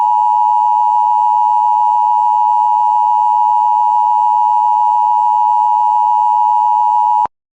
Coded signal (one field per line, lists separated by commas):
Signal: Emergency Alert System (SAME) tones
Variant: 853 and 960 Hz attention tone